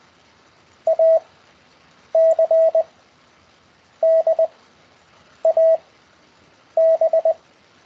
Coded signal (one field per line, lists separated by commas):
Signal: Morse code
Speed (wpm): 20 wpm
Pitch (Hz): 650 Hz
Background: none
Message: A C D A B